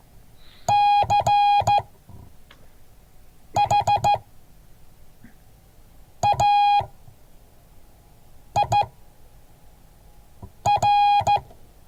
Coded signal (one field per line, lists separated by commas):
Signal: Morse code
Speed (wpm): 14 wpm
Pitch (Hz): 820 Hz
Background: none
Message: CHAIR